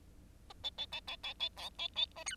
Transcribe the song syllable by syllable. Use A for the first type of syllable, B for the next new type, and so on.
A B B B B B B C B B A D